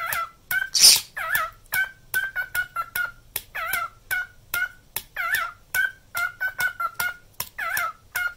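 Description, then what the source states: Cockatiel calls: short harmonic notes repeated in a fast, uneven series, with one brief harsh burst near the start. Several cockatiels singing and whistling.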